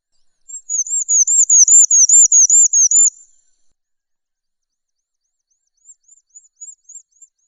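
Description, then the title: Bird song: a high, clear looping trill of many quick swirling notes lasting under three seconds, then silence, then a fainter, shorter run of similar notes near the end. "LuckyBurung MasteranBest"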